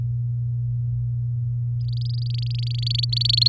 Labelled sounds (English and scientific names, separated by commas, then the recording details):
Domestic Canary (Serinus canaria) song
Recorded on 11 May 2018 at 06:27
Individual llb16